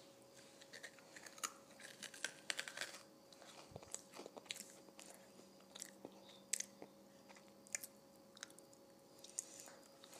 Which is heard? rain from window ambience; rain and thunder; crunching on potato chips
crunching on potato chips